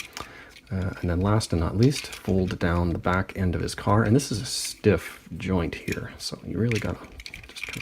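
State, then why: Seated. Someone talks while folding down the stiff back end of a plastic Transformers Titans Return Deluxe-class Hot Rod toy car, pushing firmly to bring it into vehicle mode. A few small plastic clicks and rattles come near the end, then the rear section collapses into its locked position with a solid click at 7.6 s.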